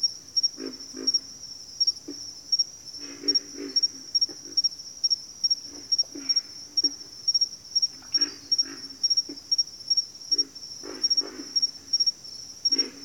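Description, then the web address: Pig frog gives hoarse grunting bursts in irregular clusters throughout, accompanied by a continuous high cricket trill. "Natures Songs Sleep Sounds of Nature CRICKETS Pig Frogs"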